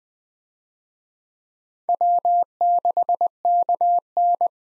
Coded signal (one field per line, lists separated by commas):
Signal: Morse code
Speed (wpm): 20 wpm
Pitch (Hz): 700 Hz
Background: none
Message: W6KN